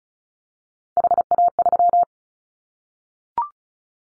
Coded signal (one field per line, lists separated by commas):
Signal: Morse code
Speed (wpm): 34 wpm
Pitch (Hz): 700 Hz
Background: none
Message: HA3